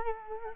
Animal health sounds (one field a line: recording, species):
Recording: mosquito wingbeat signal from an infrared sensor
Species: Culex quinquefasciatus